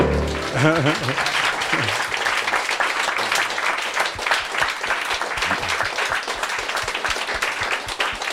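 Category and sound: crowd, audience applause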